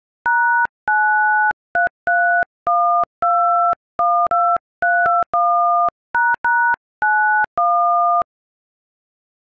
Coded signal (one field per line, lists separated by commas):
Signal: DTMF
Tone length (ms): 390 ms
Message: #9331212321##91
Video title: Auld Lang Syne - Dial Pad